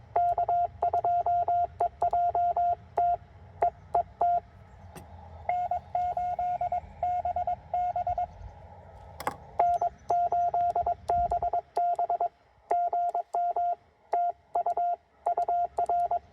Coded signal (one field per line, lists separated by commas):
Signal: Morse code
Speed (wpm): 22 wpm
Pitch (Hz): 690 Hz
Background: radio noise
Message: K2EJT EE T N8BB N8BB GM TU UR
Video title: TR-45L take two: CW POTA at Chenango Valley State Park